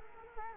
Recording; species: mosquito wingbeat signal from an infrared sensor; Culex quinquefasciatus